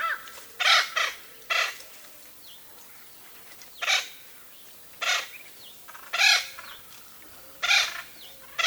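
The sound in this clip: Bird producing harsh, scratchy squawks, single or paired, at irregular intervals.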